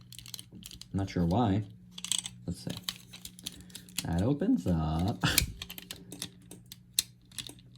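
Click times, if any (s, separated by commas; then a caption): none. A plastic part of a combining robot toy is pushed toward its joint, producing short plastic taps and clicks while someone talks. The part has not clicked into place; it fails to seat.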